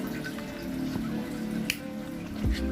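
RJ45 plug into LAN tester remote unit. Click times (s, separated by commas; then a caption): 1.7 s. The second end of a network cable's RJ45 plug is pushed into the remote unit of a LAN tester. It gives a short, sharp click at 1.7 s over a steady background hum, and the plug seats, leaving the cable ready to test.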